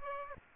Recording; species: mosquito wingbeat signal from an infrared sensor; Aedes aegypti